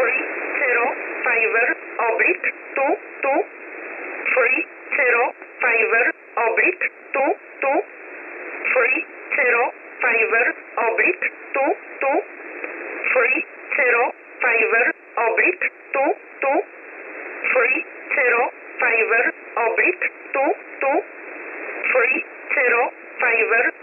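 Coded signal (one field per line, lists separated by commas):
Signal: numbers station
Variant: E11 Oblique, English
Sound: a voice reading short evenly spaced words, like numbers, over a narrow radio channel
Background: radio static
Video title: 21 05 2021 Number station E11 Oblique in English to Eu 1000 on 12153 unknown tx site in USB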